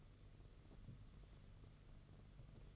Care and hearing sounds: daily activity, microphone in the room; take from stove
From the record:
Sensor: 4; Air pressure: 995.3 hPa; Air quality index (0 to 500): 215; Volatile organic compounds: 253 ppm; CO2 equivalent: 4370 ppm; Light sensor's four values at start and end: 24/76/29/31 and 24/76/29/31

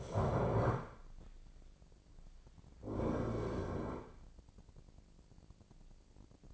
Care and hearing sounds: daily activity, microphone in the room; stand up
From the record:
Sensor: 5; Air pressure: 1009.3 hPa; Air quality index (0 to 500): 160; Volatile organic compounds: 2 ppm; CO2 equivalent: 1224 ppm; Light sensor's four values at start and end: 252/607/255/277 and 248/599/252/273

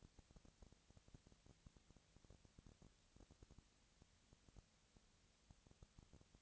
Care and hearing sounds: daily activity, microphone in the room; no activity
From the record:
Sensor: 3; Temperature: 20.4 degrees Celsius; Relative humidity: 34.4%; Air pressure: 996.8 hPa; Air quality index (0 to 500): 205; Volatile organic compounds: 68 ppm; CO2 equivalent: 3496 ppm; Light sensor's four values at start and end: 2/3/2/2 and 2/3/2/2

